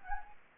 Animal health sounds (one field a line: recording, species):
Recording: mosquito wingbeat signal from an infrared sensor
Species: Anopheles gambiae